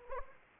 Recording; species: mosquito wingbeat signal from an infrared sensor; Anopheles arabiensis